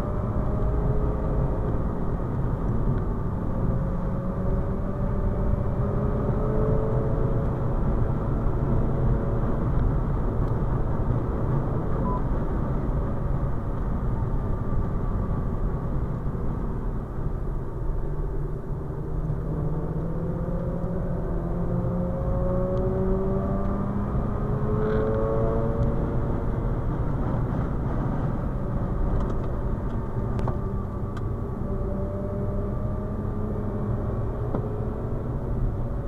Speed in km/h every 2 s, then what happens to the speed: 89, 85, 95, 98, 97, 95, 87, 75, 63, 69, 80, 93, 101, 94, 87, 86, 93, 90.
2-5 speeds up to 98. 9-16 brakes to 63. 16-23 speeds up to 101. 23-29 slows to 86. 29-33 speeds up to 93.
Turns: 15-22.